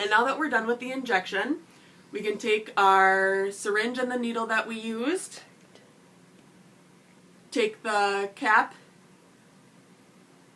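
A woman talks while a plastic needle cap is picked up after an injection and lined up with the used needle on a syringe, with quiet handling between her words. The cap has not yet snapped or clicked into place.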